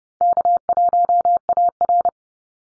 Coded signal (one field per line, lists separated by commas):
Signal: Morse code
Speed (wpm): 30 wpm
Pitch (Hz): 700 Hz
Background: none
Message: K1AR